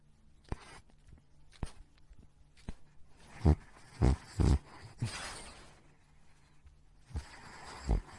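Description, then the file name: Dog snoring: a few isolated snorts, then a cluster of rough, noisy breaths around the middle, followed by a quieter pause and two more snorts near the end. Small dog snoring. "little dog snoring sound"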